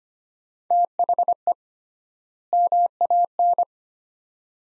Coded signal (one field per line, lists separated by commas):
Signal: Morse code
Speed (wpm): 25 wpm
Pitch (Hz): 700 Hz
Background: none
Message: THE MAN